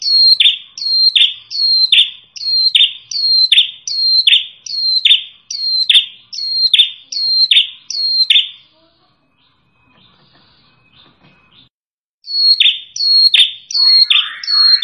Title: Suara Pikat Prenjak Kepala Merah Asli Merdu